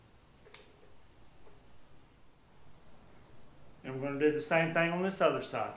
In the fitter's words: you have it in there just push it down on in there until you hear a click and